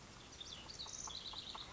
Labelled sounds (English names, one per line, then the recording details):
House Wren
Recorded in Sonoma County, California